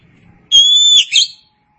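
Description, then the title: Oriental magpie-robin song: one long, steady, pure whistled note followed by a short burst of rich, fluttering notes. "Suara Kicauan Burung Kacer"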